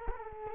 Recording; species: mosquito wingbeat signal from an infrared sensor; Culex quinquefasciatus